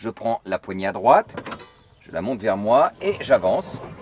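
In a VW California camper van, the right-hand handle of the rear bench seat is lifted and the seat is pushed forward on its rails to make up the bed, while someone talks throughout. The bench has not yet locked into position; nothing has seated or clicked yet.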